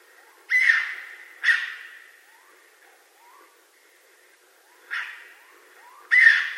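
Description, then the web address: Raccoon voicing harsh, grating screams in two pairs separated by a long pause, each decaying gradually, with faint upward-sliding chirps in the quiet gap. Recorded 20 March 2012. "Raccoon 2012 03 20"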